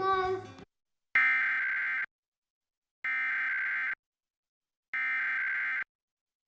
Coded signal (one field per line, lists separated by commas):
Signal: Emergency Alert System (SAME) tones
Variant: header bursts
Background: speech